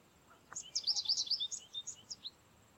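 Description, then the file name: American Goldfinch with a tumbling, twittering string of high chirps, fast and slightly varied, over about two seconds. "Carduelis tristis - American Goldfinch"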